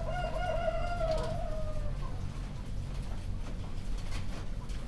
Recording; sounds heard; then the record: poultry house recording; healthy chickens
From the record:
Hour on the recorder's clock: 1